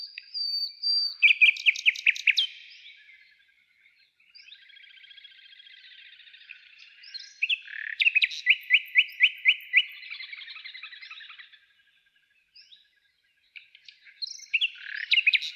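Nightingale song with a pure whistle, rattling trills, a soft buzzy passage, and a run of loud, evenly spaced notes before a pause.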